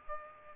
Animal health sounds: mosquito wingbeat signal from an infrared sensor; Aedes aegypti

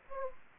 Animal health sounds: mosquito wingbeat signal from an infrared sensor; Anopheles gambiae

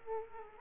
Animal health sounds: mosquito wingbeat signal from an infrared sensor; Aedes aegypti

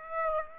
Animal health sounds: mosquito wingbeat signal from an infrared sensor; Aedes aegypti

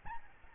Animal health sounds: mosquito wingbeat signal from an infrared sensor; Aedes albopictus

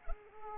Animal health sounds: mosquito wingbeat signal from an infrared sensor; Culex pipiens

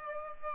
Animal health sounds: mosquito wingbeat signal from an infrared sensor; Aedes aegypti

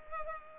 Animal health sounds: mosquito wingbeat signal from an infrared sensor; Culex pipiens

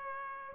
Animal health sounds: mosquito wingbeat signal from an infrared sensor; Aedes aegypti

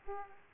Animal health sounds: mosquito wingbeat signal from an infrared sensor; Aedes aegypti

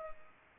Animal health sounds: mosquito wingbeat signal from an infrared sensor; Culex pipiens

